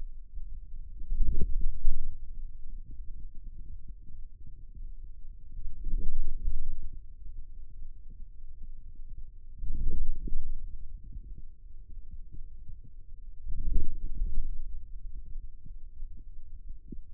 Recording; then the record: forearm muscle sounds (acoustic myography)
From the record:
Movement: outward rotation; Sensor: system 2, bracelet of six BSWA MPA416 microphones around the upper forearm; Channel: 4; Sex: male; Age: 22 years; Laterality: right